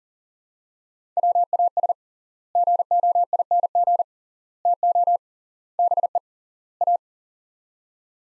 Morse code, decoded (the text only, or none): WAS GOING TO BE A